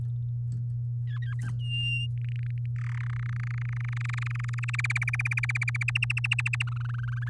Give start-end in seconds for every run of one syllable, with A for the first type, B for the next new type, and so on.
1.07-1.50 A, 1.59-2.07 B, 2.17-2.66 C, 2.76-3.02 D, 3.03-4.76 E, 4.78-5.83 F, 5.88-6.63 G, 6.67-7.29 H